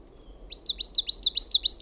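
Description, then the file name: Coal tit singing a quick series of high, see-sawing two-note phrases in rapid, even succession. "KUUSITIAINEN"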